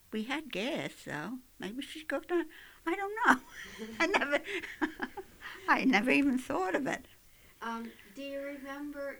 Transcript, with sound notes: We had gas, though. Maybe she cooked on, I don't know. ( she laughs ) I never even thought of it.
Um, do you remember,